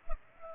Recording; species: mosquito wingbeat signal from an infrared sensor; Culex pipiens